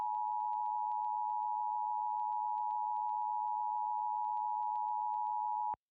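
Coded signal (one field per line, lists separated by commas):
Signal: Emergency Alert System (SAME) tones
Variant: 853 and 960 Hz attention tone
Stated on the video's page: Fictional EAS scenario.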